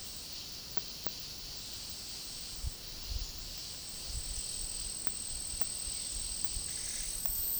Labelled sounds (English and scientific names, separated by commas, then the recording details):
none
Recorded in dense forest near Puerto Asís, Putumayo, Colombia, on 19 February 2024 at 12:30
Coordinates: 0.503, -76.322
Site G6418